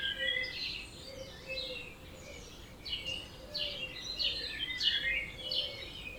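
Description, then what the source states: Birds in chorus, several high twittering singers overlapping, with a lower soft repeated note in the background and a gentle hiss. Dawn chorus at 4am in Oberhofen, Inntal, Austria; binaural recording.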